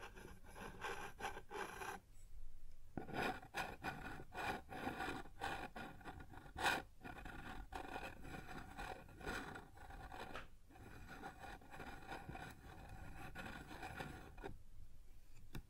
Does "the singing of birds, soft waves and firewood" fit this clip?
no